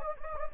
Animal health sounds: mosquito wingbeat signal from an infrared sensor; Anopheles gambiae

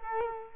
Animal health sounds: mosquito wingbeat signal from an infrared sensor; Culex quinquefasciatus

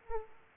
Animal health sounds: mosquito wingbeat signal from an infrared sensor; Culex pipiens

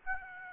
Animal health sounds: mosquito wingbeat signal from an infrared sensor; Aedes aegypti

